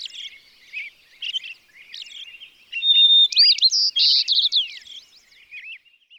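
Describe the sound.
White-crowned Sparrow song: a clear high whistle, then loud buzzy slurred notes and a quick trill, after a stretch of scattered chirps from other birds.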